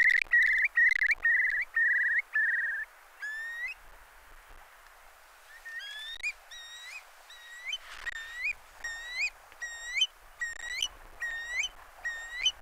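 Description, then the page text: Eurasian curlew calls: a series of buzzy whistled notes, then clear rising whistles repeated at a steady pace. "Eurasian Curlew Calls. Quick Sounds"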